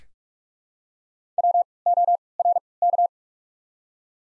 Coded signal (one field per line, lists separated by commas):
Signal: Morse code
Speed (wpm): 42 wpm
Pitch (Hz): 700 Hz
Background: none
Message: W O R K